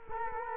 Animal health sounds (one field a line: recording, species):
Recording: mosquito wingbeat signal from an infrared sensor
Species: Culex quinquefasciatus